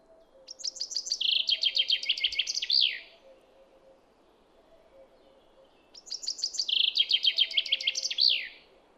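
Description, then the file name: Common chaffinch giving two complete songs roughly six seconds apart, each a run of sharp chips that ends in a descending flourish. "Fringilla coelebs"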